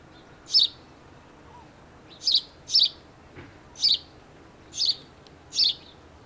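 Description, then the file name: House sparrow giving sharp single chirps at uneven intervals, six in all, with a close pair near the middle and otherwise little else heard. "Passer domesticus"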